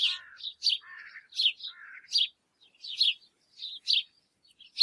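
Bird giving sharp high chirps and lower chattering notes, in irregular bursts about once a second, with quiet gaps between.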